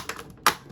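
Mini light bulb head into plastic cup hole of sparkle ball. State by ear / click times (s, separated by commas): seated / 0.5 s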